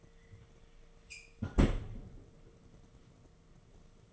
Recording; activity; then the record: daily activity, microphone in the room; close fridge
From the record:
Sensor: 4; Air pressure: 1015.9 hPa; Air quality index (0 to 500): 192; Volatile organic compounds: 10 ppm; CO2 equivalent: 2219 ppm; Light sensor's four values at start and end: 13/28/12/13 and 15/35/15/16